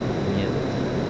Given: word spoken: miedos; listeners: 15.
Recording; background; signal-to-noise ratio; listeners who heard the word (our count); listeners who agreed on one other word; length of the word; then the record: one Spanish word in noise, from a listening test; speech-shaped noise; -5.3 dB; 3 of 15; 7 of 15; 0.70 s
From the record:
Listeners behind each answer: 7, 3, 1, 1, 1, 1, 1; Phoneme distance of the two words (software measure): 7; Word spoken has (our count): 2 syllables, 6 phonemes, stress on syllable 1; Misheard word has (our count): 2 syllables, 5 phonemes, stress on syllable 1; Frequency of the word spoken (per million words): 5.65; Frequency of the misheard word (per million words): 118.30